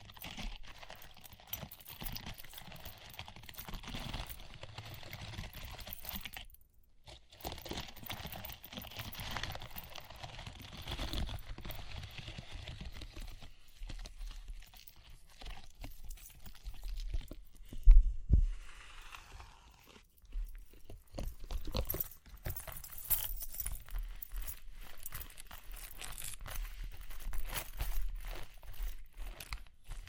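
Tapping and scratching run throughout in dense, irregular bursts of crackly, crunchy texture with a low rumble underneath. Brief pauses fall near 7 and 21 seconds, and a sharp knock lands around 18 seconds, followed by a short smeared swishing sound.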